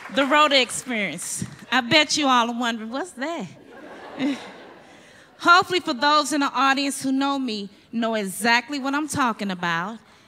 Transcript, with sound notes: “The Rhoda Experience,” I bet you all are wondering, “What’s that?” [laughter] Hopefully for those in the audience who know me know exactly what I’m talking about.